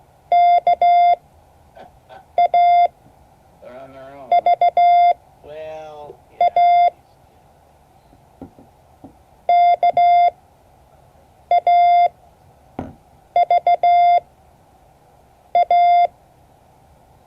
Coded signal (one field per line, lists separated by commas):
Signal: Morse code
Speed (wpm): 15 wpm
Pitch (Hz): 690 Hz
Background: speech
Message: K A V A K A V A